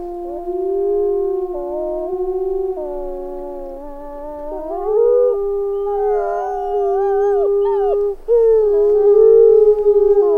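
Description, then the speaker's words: Gray wolf: several long overlapping tonal howls that hold steady, then rise and fall. Wolves howling in Yellowstone National Park in winter, recorded at 7:32; winter described as a great time to hear wolves howl. "It's also a great time to hear the wolves howl."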